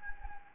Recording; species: mosquito wingbeat signal from an infrared sensor; Anopheles gambiae